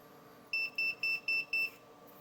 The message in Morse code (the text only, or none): none